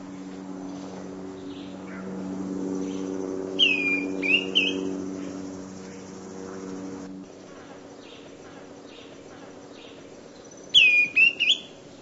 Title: LuckyPassaro Completos2Sama. Greenish Schiffornis (Schiffornis virescens)